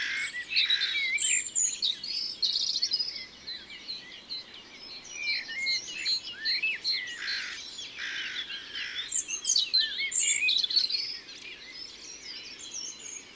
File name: Rougegorge familier - Concerts naturels de l Isere - Studio Les Trois Becs